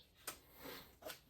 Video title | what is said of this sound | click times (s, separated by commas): Hercules miter saw stand assembly and first impressions | Lock it down till you hear that click. | 0.3 s